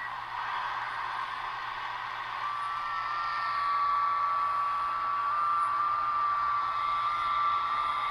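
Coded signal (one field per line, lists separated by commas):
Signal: FT8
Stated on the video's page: FT8 on 20 m received with a Degen 1103 shortwave radio.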